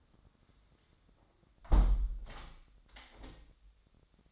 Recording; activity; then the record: daily activity, microphone in the room; close window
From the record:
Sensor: 3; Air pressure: 1006.5 hPa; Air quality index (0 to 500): 199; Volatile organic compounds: 16 ppm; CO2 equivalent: 2534 ppm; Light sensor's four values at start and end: 10/24/10/10 and 10/23/10/9